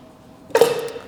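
A dual-clutch package for a 992 PDK gearbox is pushed onto the lugs that drive the oil pump at the back of the gearbox. After a quiet lead-in, one sharp metallic clack at 0.6 s rings out as a tone around 500 Hz that fades over about half a second. The clutch package seats and engages the oil pump drive lugs.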